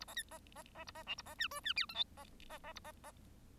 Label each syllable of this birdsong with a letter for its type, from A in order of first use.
A B C B B B A B D A B E F E G H I B B B A B B